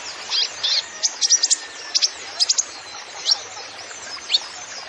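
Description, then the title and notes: Van Hasselt's sunbird giving high, thin twittering notes in short clusters, then spaced single sharp chirps. Masteran recording for training songbirds, full of isian (fill-in phrases) and tembakan (shot phrases), meant as pancingan to prompt other birds; the bird is described as gacor, singing actively. "MASTERAN KOLIBRI NINJA FULL ISIAN DAN TEMBAKAN COCOK BUAT PANCINGAN. Suara Burung Kolibri Ninja Gacor"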